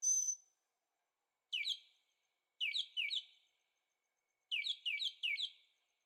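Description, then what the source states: Bird song: a high sharp note, then clusters of quick chirps, in groups of one, two and three notes. Birds singing at night in Carefree, Arizona; recorded in stereo on a Zoom H6.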